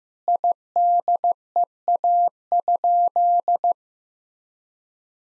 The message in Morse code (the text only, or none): IDEA?